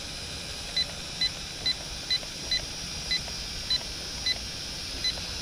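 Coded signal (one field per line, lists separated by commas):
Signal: none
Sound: toy drone's warning beeps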